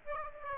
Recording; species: mosquito wingbeat signal from an infrared sensor; Aedes aegypti